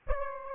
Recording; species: mosquito wingbeat signal from an infrared sensor; Aedes aegypti